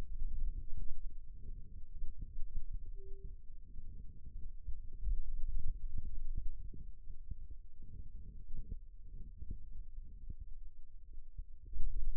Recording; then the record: forearm muscle sounds (acoustic myography)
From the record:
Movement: pen grasping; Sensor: system 2, bracelet of six BSWA MPA416 microphones around the upper forearm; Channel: 1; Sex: male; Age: 22 years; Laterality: right